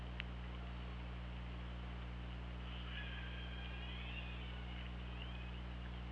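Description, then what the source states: Killer whale call: a sharp click-like pulse, then a sustained, wavering, multi-toned call lasting about two seconds, set against a steady low underwater hum. Recorded on the OrcaLab hydrophone on 24 August 2017 at 08:08.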